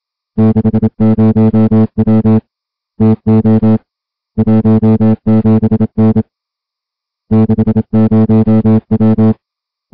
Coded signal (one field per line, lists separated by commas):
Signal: Morse code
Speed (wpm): 27 wpm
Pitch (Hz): 220 Hz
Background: music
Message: 60W TO 17N 60W